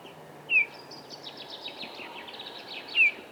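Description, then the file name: Eurasian bullfinch with two brief, mellow, falling piping notes at the start and end, and a run of thin twittering between them. "Pyrrhula pyrrhula"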